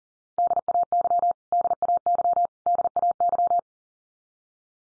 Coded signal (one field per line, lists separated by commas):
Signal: Morse code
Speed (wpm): 40 wpm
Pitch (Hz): 700 Hz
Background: none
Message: DAY DAY DAY